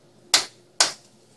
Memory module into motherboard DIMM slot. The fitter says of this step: make sure that when you install the memory you push down all the way until you hear both clicks